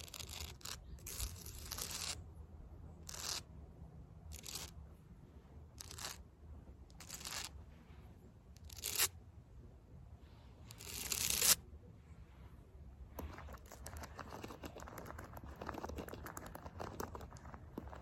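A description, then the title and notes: Fake nails scratch across concrete in short, gritty bursts, about a dozen strokes spread through the first twelve seconds with brief pauses between. A louder, longer scrape lands near eleven seconds, then the last several seconds become a continuous rough rasping over a low steady rumble. ASMR CONCRETE SCRATCHING WITH FAKE NAILS (towards camera and back).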